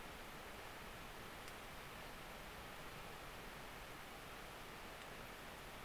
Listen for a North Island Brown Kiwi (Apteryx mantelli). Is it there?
no